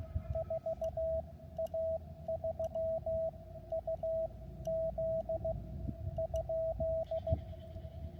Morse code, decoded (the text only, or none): 4A3UZ?